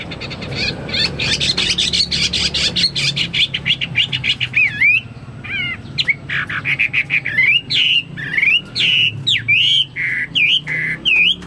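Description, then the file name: Chinese hwamei singing: a rapid chattering burst of harsh notes first, then clear looping whistled phrases repeated in quick succession. "omkicau hwamei"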